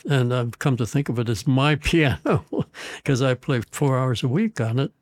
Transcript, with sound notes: And I’ve come to think of it as my piano, (chuckles) because I play four hours a week on it.